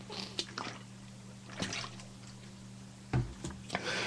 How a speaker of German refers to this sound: Oh mein Gott, das Mikro ist aber empfindlich. Ich höre ja mein eigenes Trinken. Das ist ja, muss ich ja vorsichtig sein, ich muss mal ein Glas kippen. Und nicht so proletenhaft aus der Flasche trinken.